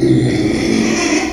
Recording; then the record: squeal of a Yucatan mini pig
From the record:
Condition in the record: after surgery on the right vocal fold (resection and tissue-engineered implant); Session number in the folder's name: 2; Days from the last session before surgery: 13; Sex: male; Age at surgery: 12 weeks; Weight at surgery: 13 kg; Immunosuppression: cyclosporine, prednisolone